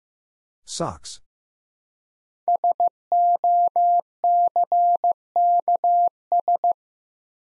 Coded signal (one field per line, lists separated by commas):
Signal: Morse code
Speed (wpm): 15 wpm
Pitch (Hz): 700 Hz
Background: none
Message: SOCKS